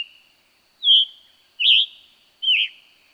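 Scarlet tanager giving three rough, burry notes a little under a second apart.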